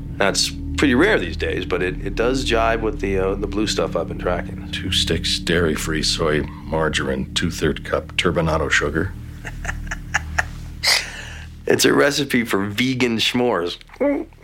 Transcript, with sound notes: That's pretty rare these days, but it does jive with the blue stuff I've been tracking.
Two sticks dairy-free soy margarine, two-third cup turbinado sugar.
(LAUGHTER) It's a recipe for vegan s'mores.